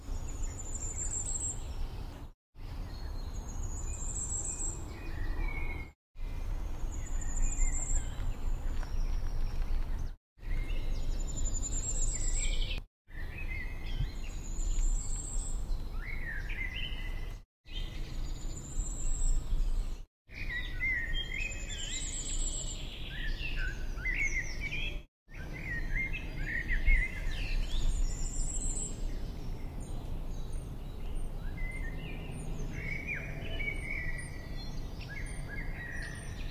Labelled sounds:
Common Firecrest song
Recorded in the wild
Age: adult
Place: Bogensee, Barnim, Brandenburg, DE
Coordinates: 52.7731, 13.5242
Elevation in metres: 60
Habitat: coniferous forest
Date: 2003-06-11
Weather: 20°C, cloudy, almost windless
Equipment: Tascam DA-P1, Sennheiser MKH 70
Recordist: Frommolt, Karl-Heinz

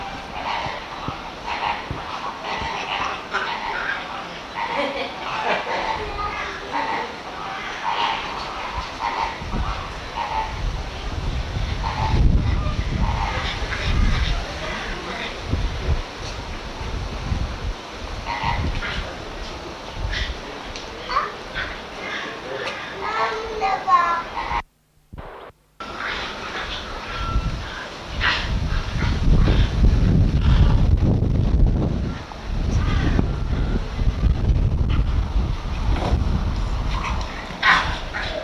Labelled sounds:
Bonobo call
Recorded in captivity
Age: subadult
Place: Zoo Berlin, Berlin, DE
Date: 1988-07-23 15:12
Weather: sunny, 30°C
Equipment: 19 cm Stereo
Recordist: Tembrock, Günter
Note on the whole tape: Noch nicht ganz erwachsenes Exemplar: Laute beim Kontaktspiel (längere Strecke), diverse auch rhythmische Lautformen. Von 15.12 bis 15.35 Uhr

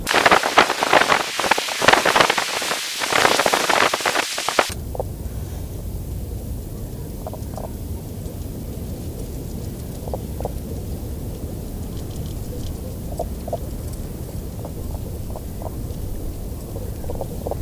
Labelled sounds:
Common Spadefoot call
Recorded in the wild
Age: adult
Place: Falkenberger Rieselfelder, Barnim, Berlin, DE
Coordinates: 52.584, 13.554
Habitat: pond
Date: 1991-03-30 15:44
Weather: water: 10 °C
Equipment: Uher 4000 Report Monitor, Sennheiser MKH 416 T mit Windschutz
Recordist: Frommolt, Karl-Heinz

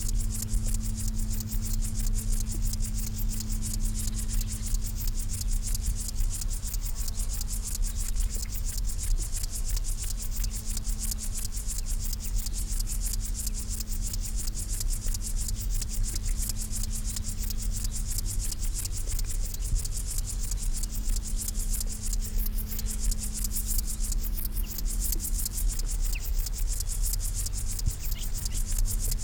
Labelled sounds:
Upland Field Grasshopper
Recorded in the wild
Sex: male
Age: imago
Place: Blankenfelde, Berlin, DE
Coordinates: 52.6, 13.4
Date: 1991-10-06 11:50
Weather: sonnig, Schatten: 25,3 °C, Sonne: 30,4°C
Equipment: Marantz CP 430, Sennheiser ME 80, K 30 AV, Kopie Tesla B 116
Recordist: Tembrock, Günter

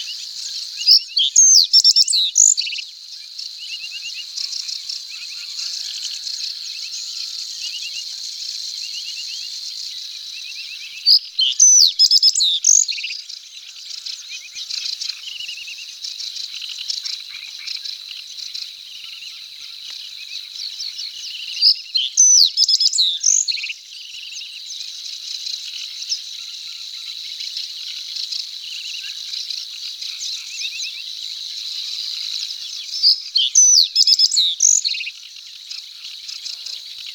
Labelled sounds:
Reed Bunting song
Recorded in the wild
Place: Nagyivan / Hortobagy Nationalpark, HU
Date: 1990-05-18
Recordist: Schwarz, Dieter
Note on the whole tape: Song

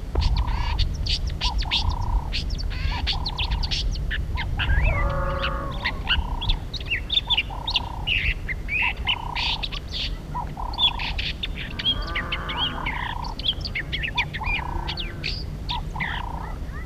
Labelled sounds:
Southern Fiscal call
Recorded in captivity
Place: Farm Komatzas
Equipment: Halbspur, 9,5 cm/s
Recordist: Lütgens, Hans

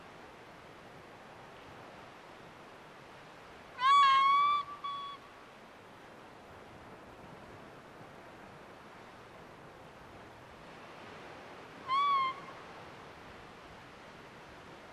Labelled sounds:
Arctic Fox barking
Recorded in the wild
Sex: male
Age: subadult
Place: Insel Mednyi, Kommandeur-Inseln, RU
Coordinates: 54.5167, 168.083
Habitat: tundra
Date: 1999-06-24 18:03
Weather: good sight, high fog, ca. 5°C, weak winds
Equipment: Sony TCD-D8, Sennheiser MKH 70, Windkorb
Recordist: Frommolt, Karl-Heinz
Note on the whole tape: Bereich Pereshejek, Oststrand, ca. 1 km nördlich des Pereshejek: Polarfuchsrüde (Alopex lagopus) rechts Gelb/Orange 34 (Jährling) war am Strand entlanggelaufen und hatte zunächst 2 Bellstrophen geäußert (nicht aufgezeichnet). Nachdem er Beobachter gesehen hat, läuft er am Steilufer nach oben und beschreibt einen Halbkreis - Entfernung zu Beobachtern 20 m (ca. 20-30 m hinter dem Tier ist eine Felswand). Dabei äußert er zwei Reihen von "wa"-Lauten. Zeitliche Differenz zwischen den beiden Reihen (Anfang-Anfang): 1:25 min

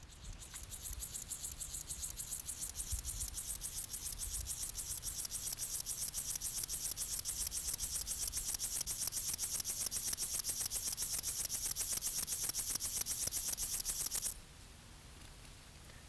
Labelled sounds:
Upland Field Grasshopper stridulation
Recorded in the wild
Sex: male
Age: imago
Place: Treuchtlingen, Naturpark Altmühltal, Bayern, DE
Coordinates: 48.96, 10.91
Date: 1993-09-21
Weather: 21°C, sonnig
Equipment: Marantz CP 430, Sennheiser MKH 416 T, Kopie Uher Variocord 263
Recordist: Tembrock, Günter

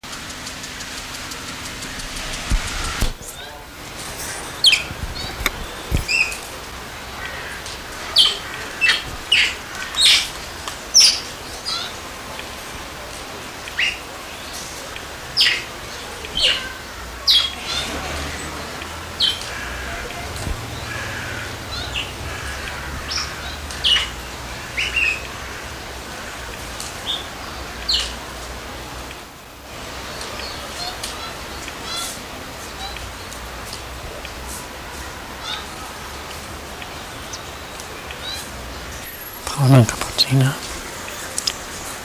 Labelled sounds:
Weeper Capuchin defence call
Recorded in captivity
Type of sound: defence call
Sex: male
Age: adult
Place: Zoo Berlin, Berlin, DE
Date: 1999-09-04 14:12
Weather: sonnig, 24°C
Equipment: Sony WM-D6C, Sennheiser ME 80, Kopie Uher 4000 Report Monitor
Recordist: Tembrock, Günter
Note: Männchen: Abwehr-Kurzlaute

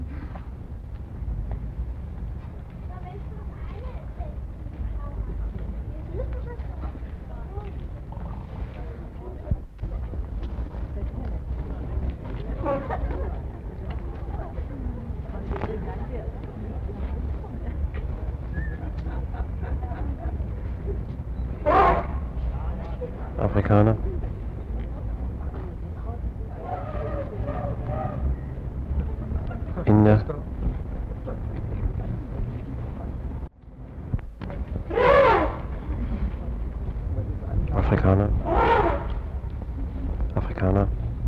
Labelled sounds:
African Elephant trumpet call
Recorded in captivity
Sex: female
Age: adult
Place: Zoo Berlin, Berlin, DE
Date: 1960-12-26 15:30
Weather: strong winds
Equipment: Minifon, Kopie Smaragd
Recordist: Tembrock, Günter

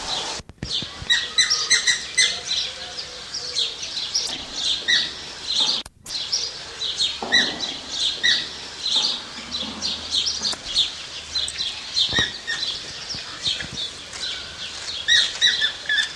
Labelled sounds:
Andean Flamingo call
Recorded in captivity
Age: adult
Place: Zoo Berlin, Berlin, DE
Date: 1987-07-02 11:25
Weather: sunny, 20°C
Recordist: Tembrock, Günter

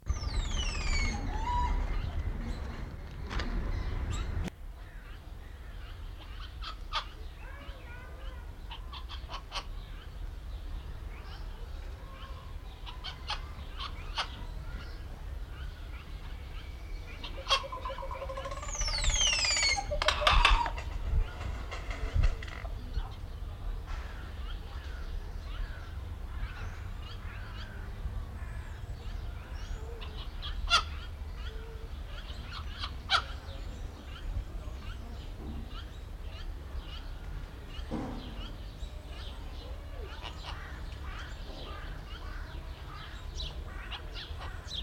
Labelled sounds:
Yellow-faced Myna call
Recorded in captivity
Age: adult
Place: Zoo Berlin, Berlin, DE
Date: 1994-06-11 11:46
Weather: heiter, 12-16°C
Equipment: Marantz CP 430, Sennheiser ME 80, Kopie Uher Variocord 263
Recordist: Tembrock, Günter

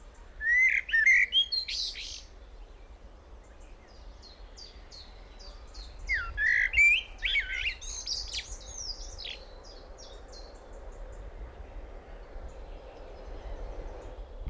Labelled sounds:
Common Blackbird
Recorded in the wild
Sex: male
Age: adult
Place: Blankenfelde, Berlin, DE
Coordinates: 52.645, 13.395
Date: 1992-05-31
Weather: sonnig, 22-25 °C
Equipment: Marantz CP 430, Sennheiser ME 80, K 30 AV, Kopie Tesla B 116
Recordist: Tembrock, Günter

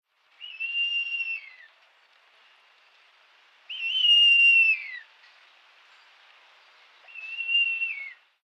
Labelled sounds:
Snowy Owl
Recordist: Tembrock, Günter
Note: Langrufe eines Weibchens

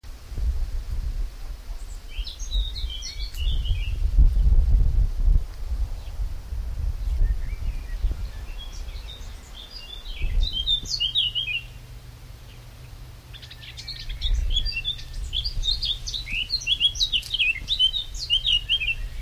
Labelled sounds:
Eurasian Blackcap song
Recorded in the wild
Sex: male
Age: adult
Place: Töplitz, Brandenburg, DE
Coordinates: 52.4333, 12.9
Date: 1996-06-15 18:13
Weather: cloudy, 16°C, wind
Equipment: Sony MD-WM MZ-R3, Sennheiser MKH 416 T, Kopie Uher 4000 Report Monitor
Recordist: Tembrock, Günter
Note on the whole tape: Gesang

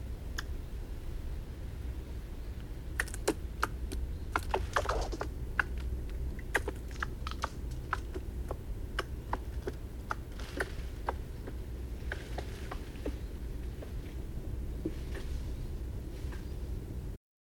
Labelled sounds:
Eurasian Red Squirrel call
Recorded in the wild
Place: Neustrelitz, Mecklenburg-Vorpommern, DE
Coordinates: 53.36, 13.073
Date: 1986-09-05
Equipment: Nagra III BH, Sennheiser MD 21, parabola
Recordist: Schubert, Michael
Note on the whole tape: Zwei Eichhörnchen: Rufe und Klettergeräusche

